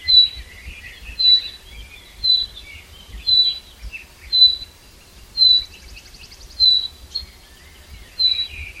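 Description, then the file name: Common chaffinch calling with a brief, bright whistle roughly every second. "Fringilla coelebs"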